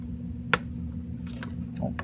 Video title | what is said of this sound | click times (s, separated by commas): Replacing Thermal Paste GTX 1060 | so i don't know if you heard it but it clicked into place there | 0.5 s